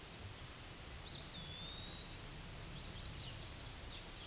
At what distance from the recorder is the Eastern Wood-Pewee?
about 35 m